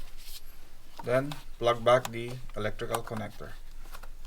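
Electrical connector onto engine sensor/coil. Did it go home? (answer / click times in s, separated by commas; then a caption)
no / none. An electrical connector is being handled to plug back onto an engine component, the oxygen sensor or coil area, during a P0420 repair. Someone talks, and faint short handling sounds are heard near the end. Nothing has seated or clicked yet.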